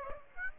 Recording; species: mosquito wingbeat signal from an infrared sensor; Aedes aegypti